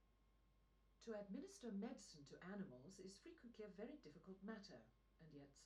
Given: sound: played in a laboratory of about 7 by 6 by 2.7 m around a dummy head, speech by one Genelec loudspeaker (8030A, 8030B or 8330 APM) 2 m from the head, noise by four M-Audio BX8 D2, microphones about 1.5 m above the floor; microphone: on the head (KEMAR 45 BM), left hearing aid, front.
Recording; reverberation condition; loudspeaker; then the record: female speech in English; low; 90 degrees to the right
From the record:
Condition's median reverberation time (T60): about 310 ms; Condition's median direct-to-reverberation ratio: about 3.5 dB